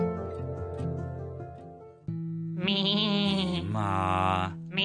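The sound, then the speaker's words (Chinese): Two loud, drawn-out sheep bleats, each wavering and nasal with a shaky quaver, arrive back to back after a softer sustained tonal passage at the start. “仲数绵羊数天光，唔兴噶啦！”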